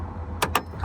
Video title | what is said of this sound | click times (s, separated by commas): 2025 Chevrolet Blazer EV RS AWD Charging Test /// Better than Lyriq? | locked into place and oh it does fit this time perfect | 0.4 s, 0.6 s